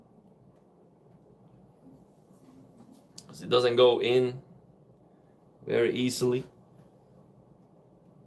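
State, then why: Not seated. A 12-pin power cable plug is being pushed into a graphics card's power socket, and it is stiff and hard to get in. Someone talks over faint handling noise, with a brief sharp sound at 3.2 s. Nothing has seated or clicked yet by the end of the clip.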